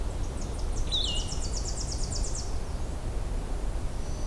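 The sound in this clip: Tennessee warbler singing a rapid, even series of high staccato notes lasting about two seconds, with a short down-slurred note near the start and low rumble throughout.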